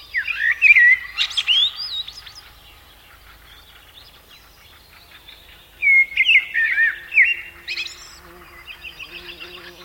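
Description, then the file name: Common blackbird singing two phrases about five seconds apart, each a rich, looping whistle ending in thin, scratchy high notes, with faint background calls between. "Turdus merula"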